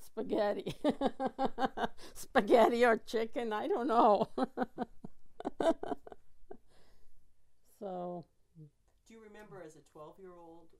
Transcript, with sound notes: Spaghetti. Spaghetti or chicken, I don't know. ( she laughs ) So...
Do you remember, as a twelve-year-old,